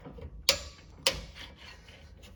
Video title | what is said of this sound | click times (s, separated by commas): DRIVE SHAFT CLUNK FIXED! | Okay, torque wrench click there. | 0.5 s